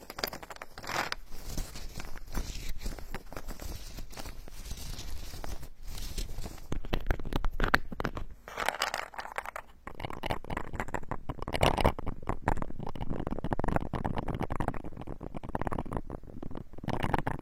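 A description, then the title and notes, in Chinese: Wooden blocks and boards are tapped, scraped and handled, making a dense run of small knocks, clicks and rubbing sounds. The activity is fairly steady, with a short quieter gap near eight seconds, then busier, fuller scratching and tapping afterwards. 木块儿、木板、木制品的触发音。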